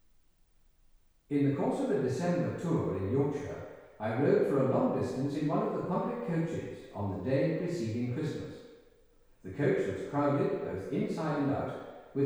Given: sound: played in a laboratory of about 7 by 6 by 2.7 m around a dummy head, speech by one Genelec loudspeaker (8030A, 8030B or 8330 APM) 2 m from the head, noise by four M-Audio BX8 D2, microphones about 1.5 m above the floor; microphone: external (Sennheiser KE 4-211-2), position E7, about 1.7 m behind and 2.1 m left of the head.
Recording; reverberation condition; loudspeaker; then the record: male speech in English; high; 150 degrees to the left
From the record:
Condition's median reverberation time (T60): about 1300 ms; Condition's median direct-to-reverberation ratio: about -4.0 dB